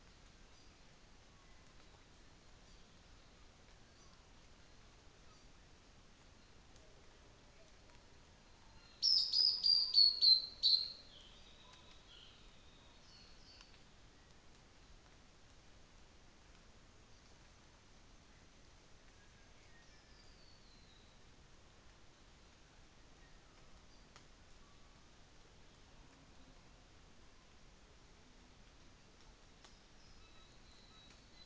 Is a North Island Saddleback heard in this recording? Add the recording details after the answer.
yes. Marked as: faintness 5/5, faintness 4/5. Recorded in New Zealand on 24 December 2018. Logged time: 11:00